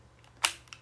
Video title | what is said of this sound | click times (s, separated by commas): Unboxing our Nintendo Switch | nag-click na siya | 0.4 s